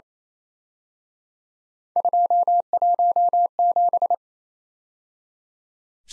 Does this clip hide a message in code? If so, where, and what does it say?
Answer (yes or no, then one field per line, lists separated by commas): yes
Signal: Morse code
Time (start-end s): 2.0-4.1 s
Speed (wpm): 32 wpm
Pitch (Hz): 700 Hz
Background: none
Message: 217